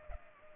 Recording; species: mosquito wingbeat signal from an infrared sensor; Culex pipiens